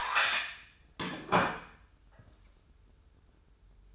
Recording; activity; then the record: daily activity, microphone in the room; place plate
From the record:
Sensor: 2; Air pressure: 994.3 hPa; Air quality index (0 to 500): 211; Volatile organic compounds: 1000 ppm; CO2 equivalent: 6938 ppm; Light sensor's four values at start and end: 58/131/56/56 and 57/129/55/55